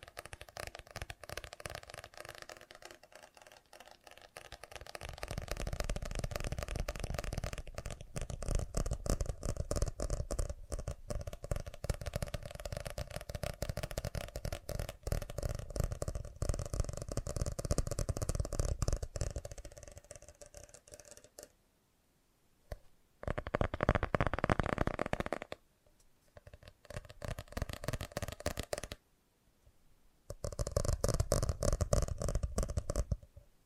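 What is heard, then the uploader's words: Fast tapping runs in dense, rapid bursts, with a steady ringing tone underneath through the first twenty seconds. Around 21 seconds the sound cuts out, then returns in short blocks of quick, bright tapping separated by brief silences. FAST TAPPING (No Talking).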